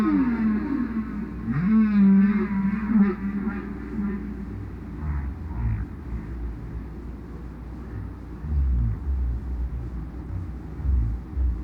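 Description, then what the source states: Whale song with wavering low moans and a brief warbling higher phrase early on, then quieter low grunts over continuous rumble. Solo whale.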